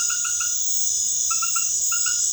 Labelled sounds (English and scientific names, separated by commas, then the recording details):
none
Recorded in dense forest near Puerto Asís, Putumayo, Colombia, on 21 February 2024 at 21:30
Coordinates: 0.505, -76.324
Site G6467